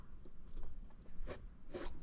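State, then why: Not seated. A seal is being handled into its bore in a rebuilt Delphi 670/680 steering gearbox housing, producing short sharp contact, scraping and crunch-like sounds, with quick ticks near 0.6 s. Nothing has seated or clicked yet; the seal is not yet home.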